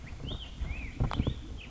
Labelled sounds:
Black-headed Grosbeak (Pheucticus melanocephalus)
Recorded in Sonoma County, California

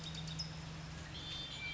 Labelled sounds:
California Towhee (Melozone crissalis)
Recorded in Sonoma County, California

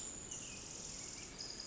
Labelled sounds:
Pacific Wren (Troglodytes pacificus)
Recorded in Sonoma County, California

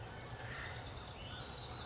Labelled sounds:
Acorn Woodpecker (Melanerpes formicivorus)
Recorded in Sonoma County, California

